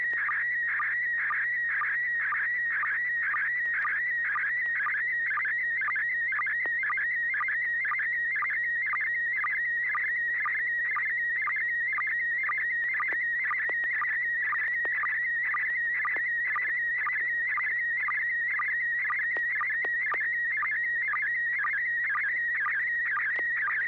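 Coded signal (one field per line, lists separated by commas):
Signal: SSTV (slow-scan television)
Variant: PD120 mode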